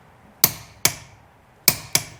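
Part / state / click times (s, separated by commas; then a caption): torque wrench on wheel lug nut / torque reached / 0.4 s, 0.9 s, 1.7 s, 1.9 s. A click-type torque wrench fitted on a wheel lug nut is pushed down until it reaches its set torque. It gives four sharp, bright metallic clicks at 0.4, 0.9, 1.7 and 2.0 seconds, with quiet between them. The clicking means the nut is tight enough.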